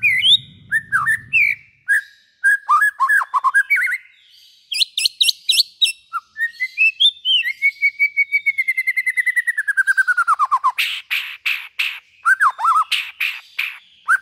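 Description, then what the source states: White-rumped shama song, varied slurred whistles and scratchy notes, then a long quick series of repeated notes falling in pitch, with harsh bursts after; brief low hum at start. Used as a lure for trapping.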